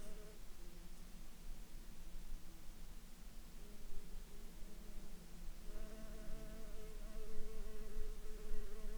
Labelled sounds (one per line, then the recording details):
insects
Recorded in Ivvavik National Park, Yukon, on 29 June 2019 at 20:12
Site SINP09